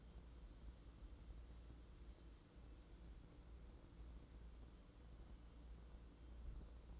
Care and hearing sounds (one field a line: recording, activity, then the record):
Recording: daily activity, microphone in the room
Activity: wipe stove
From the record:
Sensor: 3